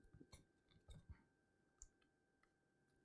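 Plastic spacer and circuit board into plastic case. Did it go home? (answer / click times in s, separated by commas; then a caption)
no / none. A plastic spacer piece is pushed between a Raspberry Pi 3 Model B+ single-board computer circuit board and the plastic case of an Atari Retro Arcade Gaming Kit, making faint plastic ticks and scrapes with brief sharp ticks near 0.3, 1.8 and 3.1 seconds. Nothing has seated or clicked yet: the spacer fails to go into the case groove because the circuit board is not seated far enough back.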